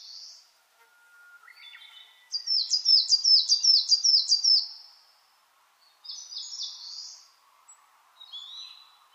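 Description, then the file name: Coal tit song, a quick run of high, bouncing two-note phrases, with thinner high calls and chirps before and after. Recorded 10 June 2009 at 06:39 in the morning. "higara 20090610-0639"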